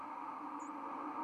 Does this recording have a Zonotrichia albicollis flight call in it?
no